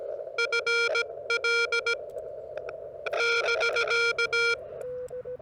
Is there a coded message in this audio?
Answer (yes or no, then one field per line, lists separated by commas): yes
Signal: Morse code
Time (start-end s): 0.4-4.5 s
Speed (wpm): 17 wpm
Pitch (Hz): 1400 Hz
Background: none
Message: FL <BK>